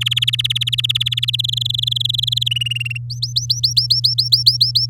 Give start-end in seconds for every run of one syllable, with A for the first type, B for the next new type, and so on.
0.01-1.36 A, 1.39-2.48 B, 2.51-2.98 C, 3.10-4.86 D